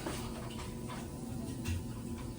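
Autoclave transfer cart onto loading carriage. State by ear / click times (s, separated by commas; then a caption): not seated / none. The metal rails of an autoclave transfer cart are lined up against the tracks of a loading carriage before the cart is pushed to lock. A steady low hum runs throughout, with faint scrapes, light ticks and a brief louder bump at the very end. Nothing has locked or clicked yet.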